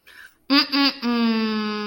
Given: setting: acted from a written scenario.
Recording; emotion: vocal sound without words; disappointment